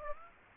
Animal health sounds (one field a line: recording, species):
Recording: mosquito wingbeat signal from an infrared sensor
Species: Aedes aegypti